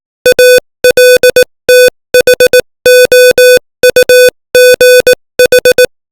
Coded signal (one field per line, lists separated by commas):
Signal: Morse code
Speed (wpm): 18 wpm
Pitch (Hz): 500 Hz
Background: music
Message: ALTHOUGH